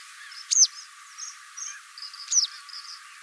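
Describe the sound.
Wagtail calls: two sharp, high notes about two seconds apart, with faint short whistled notes around them.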